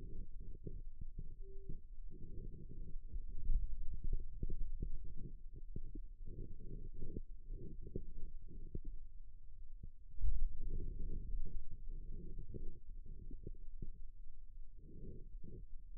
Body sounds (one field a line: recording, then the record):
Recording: forearm muscle sounds (acoustic myography)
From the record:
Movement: pen grasping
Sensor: system 2, bracelet of six BSWA MPA416 microphones around the upper forearm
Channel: 4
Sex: male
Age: 22 years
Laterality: right